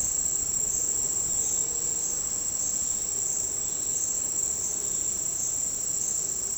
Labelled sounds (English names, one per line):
none